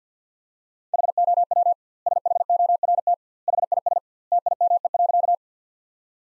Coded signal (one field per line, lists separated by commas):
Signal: Morse code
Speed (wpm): 50 wpm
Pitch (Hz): 700 Hz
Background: none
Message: HOW SHORT HIS TIME.